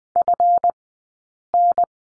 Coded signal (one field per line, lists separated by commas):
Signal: Morse code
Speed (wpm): 20 wpm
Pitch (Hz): 700 Hz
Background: none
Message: FN